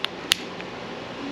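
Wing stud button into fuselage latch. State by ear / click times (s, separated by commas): seated / 0.3 s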